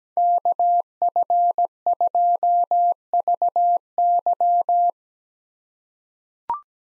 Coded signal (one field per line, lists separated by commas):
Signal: Morse code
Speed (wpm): 17 wpm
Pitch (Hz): 700 Hz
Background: none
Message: KF2VY